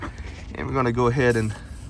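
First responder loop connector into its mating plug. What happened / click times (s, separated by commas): Handled, not yet home: no seating click, only speech / none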